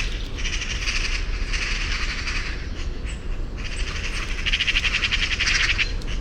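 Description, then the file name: Eurasian magpie uttering grating, rapid chatter in repeated bursts of one to two seconds, with faint high chirps from other birds and low background rumble. "Pica pica"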